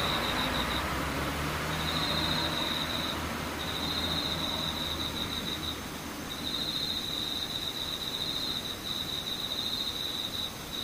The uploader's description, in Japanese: ムシ